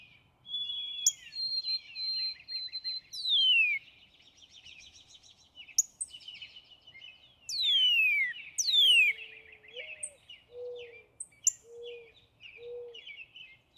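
Northern cardinal song: loud down-sweeping whistles repeated a few times among steady chirping from other birds, with low soft hooting notes near the end.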